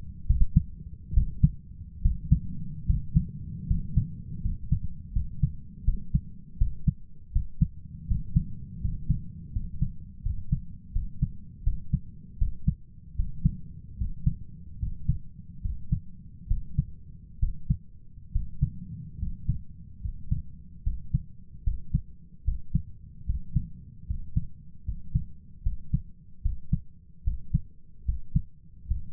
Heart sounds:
heart sounds by stethoscope; 76 bpm
0.26 s: heartbeat
1.13 s: heartbeat
2.01 s: heartbeat
2.85 s: heartbeat
3.66 s: heartbeat
4.41 s: heartbeat
5.12 s: heartbeat
5.84 s: heartbeat
6.57 s: heartbeat
7.32 s: heartbeat
8.07 s: heartbeat
8.80 s: heartbeat
9.52 s: heartbeat
10.22 s: heartbeat
10.92 s: heartbeat
11.63 s: heartbeat
12.37 s: heartbeat
13.15 s: heartbeat
13.97 s: heartbeat
14.78 s: heartbeat
15.61 s: heartbeat
16.47 s: heartbeat
17.39 s: heartbeat
18.31 s: heartbeat
19.18 s: heartbeat
20.00 s: heartbeat
20.82 s: heartbeat
21.63 s: heartbeat
22.43 s: heartbeat
23.25 s: heartbeat
24.06 s: heartbeat
24.84 s: heartbeat
25.62 s: heartbeat
26.41 s: heartbeat
27.23 s: heartbeat
28.04 s: heartbeat
28.86 s: heartbeat
From the record:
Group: healthy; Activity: rest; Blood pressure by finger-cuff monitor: 103/70 mmHg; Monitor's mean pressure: 78 mmHg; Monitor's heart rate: 75 bpm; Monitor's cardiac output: 6.6 L/min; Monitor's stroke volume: 87 mL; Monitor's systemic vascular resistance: 820 dyn s/cm5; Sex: male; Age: 23 years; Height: 178 cm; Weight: 96.6 kg

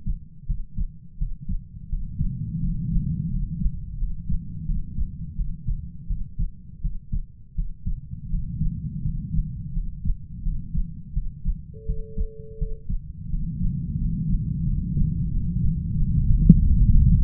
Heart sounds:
heart sounds by stethoscope; 85 bpm
0.46 s: heartbeat
1.18 s: heartbeat
1.89 s: heartbeat
2.60 s: heartbeat
3.30 s: heartbeat
3.98 s: heartbeat
4.66 s: heartbeat
5.36 s: heartbeat
6.07 s: heartbeat
6.81 s: heartbeat
7.55 s: heartbeat
8.29 s: heartbeat
9.02 s: heartbeat
9.73 s: heartbeat
10.42 s: heartbeat
11.13 s: heartbeat
11.86 s: heartbeat
12.58 s: heartbeat
13.30 s: heartbeat
13.98 s: heartbeat
14.65 s: heartbeat
15.31 s: heartbeat
15.96 s: heartbeat
16.62 s: heartbeat
From the record:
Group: healthy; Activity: rest 0-11 s, breath hold 11-17 s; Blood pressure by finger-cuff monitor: 104/68 mmHg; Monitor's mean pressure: 82 mmHg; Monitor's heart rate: 86 bpm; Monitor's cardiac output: 7.2 L/min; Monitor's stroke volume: 84 mL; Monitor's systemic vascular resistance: 830 dyn s/cm5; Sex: male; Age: 33 years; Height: 179 cm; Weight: 80.4 kg

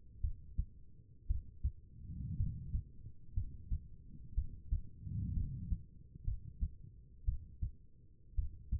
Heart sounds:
heart sounds by stethoscope; 59 bpm
0.21 s: heartbeat
1.27 s: heartbeat
2.37 s: heartbeat
3.34 s: heartbeat
4.35 s: heartbeat
5.34 s: heartbeat
6.25 s: heartbeat
7.25 s: heartbeat
8.35 s: heartbeat
From the record:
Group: healthy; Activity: rest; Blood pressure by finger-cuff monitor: 87/61 mmHg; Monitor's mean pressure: 69 mmHg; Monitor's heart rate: 60 bpm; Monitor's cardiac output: 4.2 L/min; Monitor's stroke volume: 72 mL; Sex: female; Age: 36 years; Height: 163 cm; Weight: 88 kg

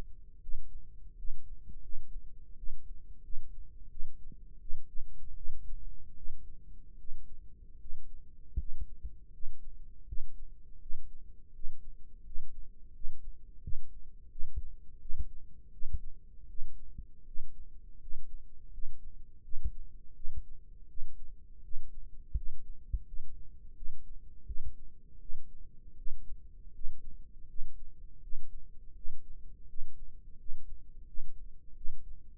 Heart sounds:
heart sounds by microphone in the left ear; 82 bpm
0.40 s: heartbeat
1.16 s: heartbeat
1.81 s: heartbeat
2.56 s: heartbeat
3.22 s: heartbeat
3.90 s: heartbeat
4.60 s: heartbeat
5.35 s: heartbeat
6.15 s: heartbeat
6.97 s: heartbeat
7.78 s: heartbeat
8.57 s: heartbeat
9.31 s: heartbeat
10.06 s: heartbeat
10.79 s: heartbeat
11.52 s: heartbeat
12.24 s: heartbeat
12.93 s: heartbeat
13.61 s: heartbeat
14.29 s: heartbeat
14.99 s: heartbeat
15.71 s: heartbeat
16.47 s: heartbeat
17.25 s: heartbeat
17.99 s: heartbeat
18.71 s: heartbeat
19.42 s: heartbeat
20.14 s: heartbeat
20.87 s: heartbeat
21.62 s: heartbeat
22.34 s: heartbeat
23.05 s: heartbeat
23.74 s: heartbeat
24.45 s: heartbeat
25.19 s: heartbeat
25.95 s: heartbeat
26.72 s: heartbeat
27.47 s: heartbeat
28.21 s: heartbeat
28.94 s: heartbeat
29.67 s: heartbeat
30.37 s: heartbeat
31.06 s: heartbeat
31.75 s: heartbeat
From the record:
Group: healthy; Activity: rest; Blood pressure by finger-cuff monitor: 123/83 mmHg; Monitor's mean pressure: 96 mmHg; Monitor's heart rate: 82 bpm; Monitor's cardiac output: 5.7 L/min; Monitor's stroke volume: 71 mL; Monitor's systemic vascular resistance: 1260 dyn s/cm5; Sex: female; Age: 37 years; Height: 168 cm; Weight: 70 kg

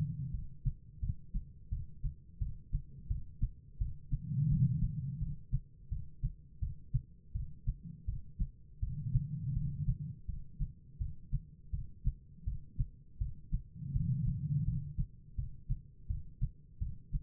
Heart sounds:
heart sounds by stethoscope; 84 bpm
0.32 s: heartbeat
1.00 s: heartbeat
1.70 s: heartbeat
2.39 s: heartbeat
3.08 s: heartbeat
3.78 s: heartbeat
4.49 s: heartbeat
5.19 s: heartbeat
5.89 s: heartbeat
6.60 s: heartbeat
7.33 s: heartbeat
8.06 s: heartbeat
8.80 s: heartbeat
9.54 s: heartbeat
10.26 s: heartbeat
10.98 s: heartbeat
11.71 s: heartbeat
12.45 s: heartbeat
13.18 s: heartbeat
13.93 s: heartbeat
14.65 s: heartbeat
15.36 s: heartbeat
16.07 s: heartbeat
16.79 s: heartbeat
From the record:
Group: healthy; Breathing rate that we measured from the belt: 12 breaths a minute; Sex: female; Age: 51 years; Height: 162 cm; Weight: 70.04 kg

